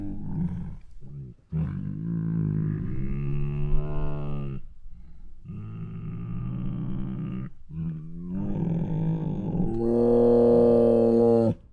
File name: Two Tigers Make Many Hungry and Sad Moans [Sound Ideas]